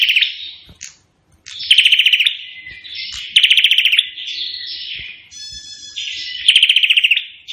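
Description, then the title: Prinia giving rapid rattling trills, three clear bursts linked by buzzy notes and a steady thin tone. Indonesian prenjak in vigorous full song (gacor), its call described as sounding like AK-47 gunfire. "Burung Prenjak Gacor Suara Tembakan Ak-47"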